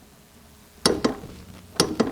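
A torque wrench set to 60 foot-pounds tightens the blade bolt on a new Toro 131-4547-03 blade for a Toro walk-behind lawn mower, with a block of wood between the blade and the mowing deck holding it in place. A sharp metallic click at 0.9 s shows the wrench reaching its 60 foot-pound setting, and further sharp ticks follow at about 1.0, 1.8 and 2.0 s.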